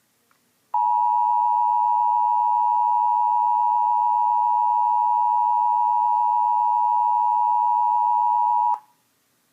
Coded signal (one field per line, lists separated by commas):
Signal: Emergency Alert System (SAME) tones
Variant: 853 and 960 Hz attention tone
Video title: EAS 601 SVA #506